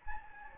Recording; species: mosquito wingbeat signal from an infrared sensor; Anopheles gambiae